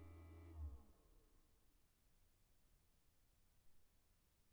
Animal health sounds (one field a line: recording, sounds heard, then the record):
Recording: poultry house recording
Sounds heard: no chicken sound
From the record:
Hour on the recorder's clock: 12